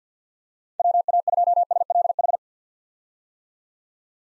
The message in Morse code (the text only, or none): WA2SLH